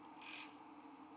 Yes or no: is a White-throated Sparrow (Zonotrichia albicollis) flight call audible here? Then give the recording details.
no. No flight call is heard. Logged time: 10:16 on 5 December 2014